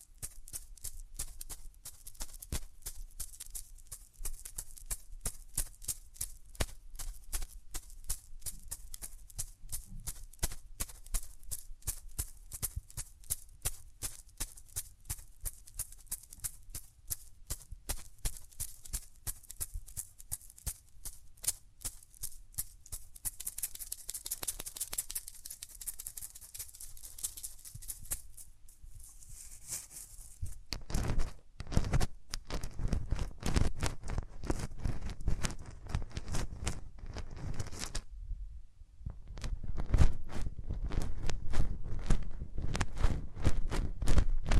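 Hands rubbing over ears make soft, dense brushing and crackling, gentle at first, then louder and heavier after thirty seconds with one brief pause.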